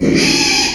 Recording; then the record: squeal of a Yucatan mini pig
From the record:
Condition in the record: after surgery on the right vocal fold (resection and tissue-engineered implant); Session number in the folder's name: 2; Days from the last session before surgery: 13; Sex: male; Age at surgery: 12 weeks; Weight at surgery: 13 kg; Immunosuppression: cyclosporine, prednisolone